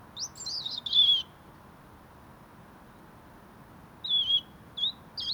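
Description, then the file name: European robin song: a quick run of high, thin whistled notes, then a pause and a few more short whistled notes. "Erithacus rubecula"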